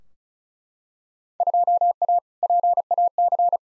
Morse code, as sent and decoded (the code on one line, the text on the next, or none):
..--- .- / .--. .- -.-.
2A PAC